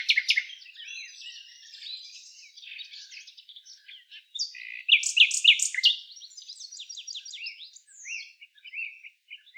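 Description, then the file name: Common nightingale pouring out varied twittering, peaking in a loud series of ringing, slurred notes around five seconds, then quick repeated chirps. "Luscinia megarhynchos"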